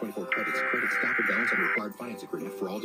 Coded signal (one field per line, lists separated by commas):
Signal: Emergency Alert System (SAME) tones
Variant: header bursts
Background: speech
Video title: EAS 4537-4542 KDKA RWTS from 12/18/22. (KDKA AM Tests an Hour late)